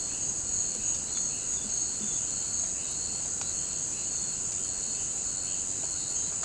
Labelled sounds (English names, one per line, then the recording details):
none
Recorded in pastures near Puerto Asís, Putumayo, Colombia, on 30 June 2025 at 18:30
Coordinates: 0.472, -76.331
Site G095